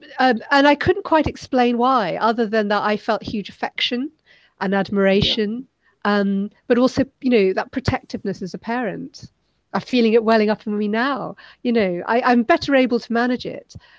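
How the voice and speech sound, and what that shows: Clear, fluent conversational adult speech with ordinary pauses, fillers and a normal, even voice, from a speaker who does not stammer.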